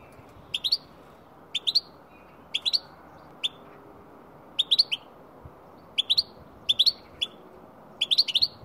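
Goldfinch giving crisp, high twittering notes in little bursts of two or three, spaced about a second apart, over faint low background hiss.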